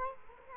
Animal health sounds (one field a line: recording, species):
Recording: mosquito wingbeat signal from an infrared sensor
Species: Culex quinquefasciatus